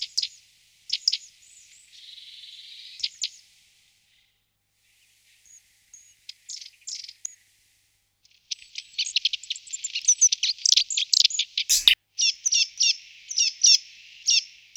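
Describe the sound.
Bird song of sharp high chips and quick clicky notes, sparse at first, then a fast busy run of repeated high notes toward the end.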